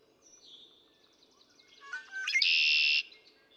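Red-winged Blackbird song: a few short introductory notes followed by a loud, harsh buzzing trill lasting about half a second, with a thin whistle before it.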